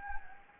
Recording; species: mosquito wingbeat signal from an infrared sensor; Anopheles gambiae